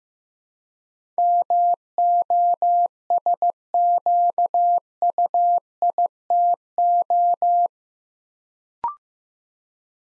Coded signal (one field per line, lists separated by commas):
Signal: Morse code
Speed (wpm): 15 wpm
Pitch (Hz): 700 Hz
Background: none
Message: MOSQUITO